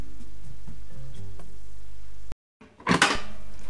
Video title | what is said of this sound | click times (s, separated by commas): i-Companion XL Moulinex YY4418FD - Robot cuiseur connecté - Caractéristiques et Démonstration | Voilà le petit clic est un gage de bonne mise en place de la cuve. | 3.0 s